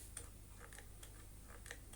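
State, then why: Not seated. A fitted part is pushed onto the body of a refurbished Hoover Junior 119 upright vacuum cleaner during reassembly, trying to clip it into place. Only small, faint ticking handling sounds are heard over a low steady hum. The part has not clicked into place, because a nut and screw need to be backed off to raise its height first.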